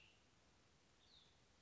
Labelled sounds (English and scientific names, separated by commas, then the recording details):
Cassin's Vireo (Vireo cassinii)
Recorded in Sonoma County, California